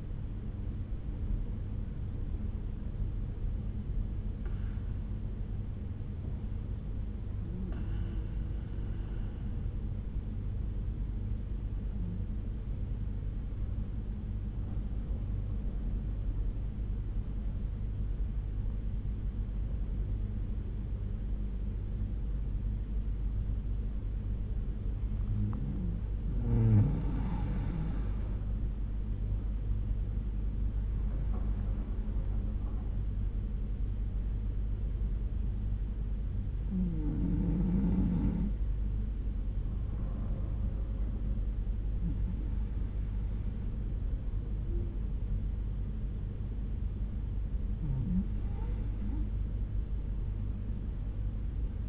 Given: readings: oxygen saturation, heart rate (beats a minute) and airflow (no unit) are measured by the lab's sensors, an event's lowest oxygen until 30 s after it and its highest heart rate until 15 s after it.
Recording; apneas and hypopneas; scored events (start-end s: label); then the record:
breathing in sleep by a smartphone at the bedside; 1
9.00-27.40 s: hypopnea (N2, oxygen 95% highest, then 88% lowest, heart rate 67 at the start, 76 highest)
From the record:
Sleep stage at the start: N2 (light sleep); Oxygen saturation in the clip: 88 to 96%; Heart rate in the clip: 60 to 76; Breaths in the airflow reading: 9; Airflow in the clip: -7.5 to 8.2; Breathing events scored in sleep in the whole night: 368 in 8.0 hours asleep